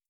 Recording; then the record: hydrophone in a shrimp aquaculture tank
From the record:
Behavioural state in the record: starved